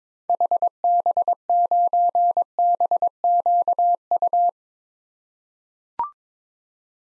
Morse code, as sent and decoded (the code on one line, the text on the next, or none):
.... -... ----. -... --.- ..-
HB9BQU